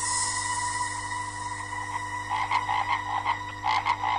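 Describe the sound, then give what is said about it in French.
Birds in Guangdong, China, calling in quick repeated bursts of short bright chirps, growing busier toward the end, over a steady tonal drone with no one speaking. “Et en plus, vous avez entendu des oiseaux chinois.”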